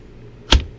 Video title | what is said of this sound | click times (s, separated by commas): 30 july 2016- Client Builds- Delta whiskey Backcountry, JessX, BK9,Bark River etc | Nice positive click. Not hard to get out. | 0.5 s